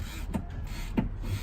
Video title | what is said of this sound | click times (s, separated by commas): Car Seat Safety Part Two | it's locked and now to tighten it again I'm gonna grab here see | 0.3 s, 1.0 s